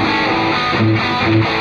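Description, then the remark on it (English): Loud, harsh distorted audio with a thick buzzing fuzz smeared across the whole sound, a few sustained low pitched tones pushing through the crackle. “How about some crazy distortion?”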